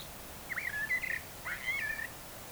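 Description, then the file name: Common blackbird giving two mellow, warbled phrases around mid pitch, each about two-thirds of a second long and separated by a short pause, over a steady low hiss. "Turdus merula"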